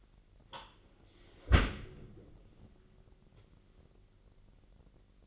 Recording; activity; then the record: daily activity, microphone in the room; close dishwasher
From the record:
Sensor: 4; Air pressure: 999.2 hPa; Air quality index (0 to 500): 122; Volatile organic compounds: 2 ppm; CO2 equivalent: 1206 ppm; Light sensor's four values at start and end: 8/19/7/8 and 7/18/7/8